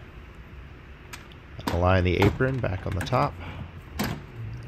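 A plastic frunk apron on a Tesla Model Y is picked up and lined up along the top edge so its snaps can be pushed back into the body snap clips. Someone talks over faint handling noises, with a brief tap near 1.3 s. Nothing has seated or clicked yet.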